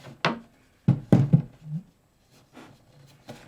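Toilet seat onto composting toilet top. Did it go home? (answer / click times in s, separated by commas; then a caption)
yes / 0.2 s. A plastic toilet seat held by magnets is set onto the top of a composting toilet and snaps into place with a sharp click at 0.3 s. A few softer knocks and handling sounds follow around 0.9 to 1.3 s, and then quieter rustling. The seat sits in the right position by itself.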